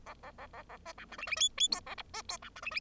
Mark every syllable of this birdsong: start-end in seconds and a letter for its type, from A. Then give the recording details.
0.06-0.14 A, 0.23-0.31 A, 0.38-0.47 A, 0.53-0.62 A, 0.69-0.77 A, 0.86-0.93 B, 0.98-1.05 C, 1.10-1.17 D, 1.18-1.27 E, 1.27-1.36 E, 1.36-1.49 F, 1.57-1.68 F, 1.71-1.80 G, 1.86-1.95 A, 1.98-2.02 H, 2.13-2.22 B, 2.29-2.37 G, 2.42-2.49 C, 2.56-2.61 D, 2.62-2.71 E, 2.71-2.80 E. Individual Bird0